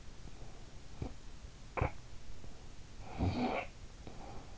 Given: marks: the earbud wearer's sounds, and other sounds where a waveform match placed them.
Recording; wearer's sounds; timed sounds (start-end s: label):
sounds in sleep by an in-ear microphone; snoring breath
0.81-2.04 s: snoring breath
2.87-3.99 s: snoring breath